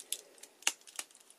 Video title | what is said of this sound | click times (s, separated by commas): YF-29 Durandal Review, Macross Frontier The Wings of Goodbye | and that's two hear the click | 0.7 s